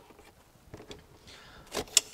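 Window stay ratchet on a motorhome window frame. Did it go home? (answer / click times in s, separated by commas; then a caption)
yes / 2.0 s. Latch buttons on a hinged motorhome window are pressed and the window is pushed open, with a few soft clicks and a rustling push before the ratchet stay clicks into a set opening position. One sharp, loud click at 1.97 s marks the stay seating.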